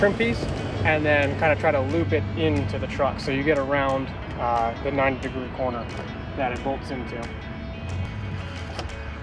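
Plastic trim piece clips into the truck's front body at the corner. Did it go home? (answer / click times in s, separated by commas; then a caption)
no / none. A plastic side trim piece is pulled out and looped around the 90-degree corner where it bolts into the front body of a 2018-2020 Ford F-150, with handling noises and music playing while someone talks. Nothing has seated or clicked into place yet.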